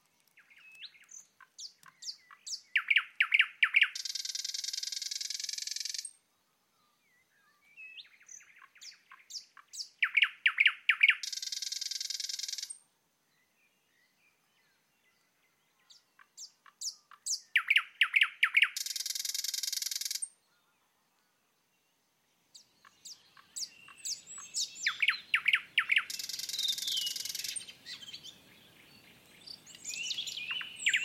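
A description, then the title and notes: A thrush nightingale sings four loud phrases, about one every seven seconds. Each starts with sparse clicks and sharp whistles that quicken and swell, then ends in a dense, high, rasping rattle before a pause of near silence. A faint low rumble joins near the end. MAFX001 Woodland Atmosphere 1.1 Demo. 5 more GB of recordings from forests in Sweden, Romania and Scotland. Thrush Nightingale, Redwing, Willow Tit, Tawny Owl, Song Thrush.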